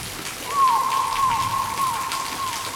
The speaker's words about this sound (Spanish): Desde la Vía Láctea, el dios del rayo hacía llover con agua que su hermana guardaba en una jarra. The thunder god poured rain from the Milky Way. La lluvia del río celestial. Celestial river rain.